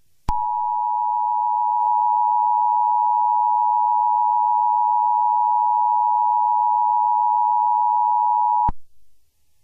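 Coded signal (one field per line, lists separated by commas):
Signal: Emergency Alert System (SAME) tones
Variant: 853 and 960 Hz attention tone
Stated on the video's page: Fictional EAS scenario series.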